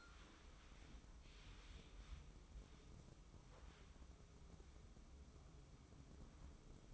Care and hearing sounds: daily activity, microphone in the room; wipe stove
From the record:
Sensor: 1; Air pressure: 996.1 hPa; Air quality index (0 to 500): 71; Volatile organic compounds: 3 ppm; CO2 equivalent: 1482 ppm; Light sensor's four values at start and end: 27/99/37/38 and 27/99/37/38

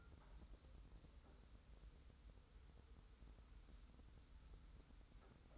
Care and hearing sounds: daily activity, microphone in the room; wipe stove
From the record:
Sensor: 3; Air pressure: 990.5 hPa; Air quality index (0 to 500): 181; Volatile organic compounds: 1000 ppm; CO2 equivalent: 5878 ppm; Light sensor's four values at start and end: 46/109/45/42 and 46/109/45/42

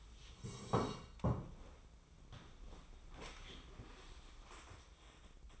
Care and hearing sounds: daily activity, microphone in the room; sit down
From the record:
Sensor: 1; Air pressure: 1005.1 hPa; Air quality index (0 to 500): 124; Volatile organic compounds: 5 ppm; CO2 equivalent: 1737 ppm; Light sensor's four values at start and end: 11/26/10/11 and 11/27/11/12

